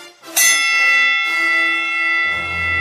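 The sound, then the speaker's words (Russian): A gong is struck once to start a fight between two wrestlers and rings out loudly, its bright metallic overtones shimmering and sustaining for several seconds, with a low hum rising beneath it toward the end. “Прозвенел гонг.”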